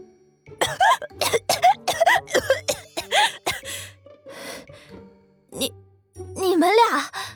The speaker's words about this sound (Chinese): 这下是真被噎着了，猛地开始咳嗽，脸也憋得通红，慌得眼泪都咳出来了。